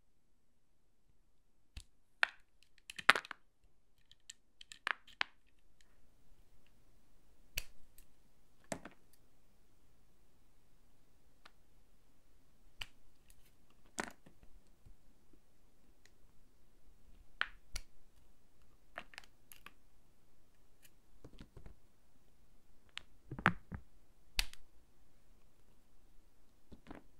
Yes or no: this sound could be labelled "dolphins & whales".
no